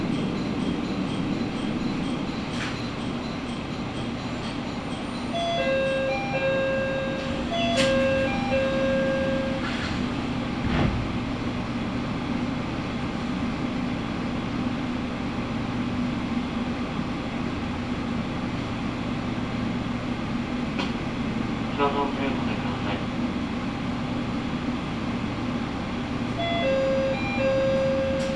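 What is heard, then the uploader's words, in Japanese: A Matsuura Railway train runs on with a steady, low engine drone and rumble throughout. A short chiming melody sounds from about 5 to 10 seconds and briefly again near the end, with scattered clicks and knocks and a quick rattling burst around 22 seconds. 松浦鉄道 松浦→伊万里。松浦から伊万里は海岸線に沿ったりしながら磁器で有名な伊万里へ向かいます。少しずつ乗客が乗り出してきました。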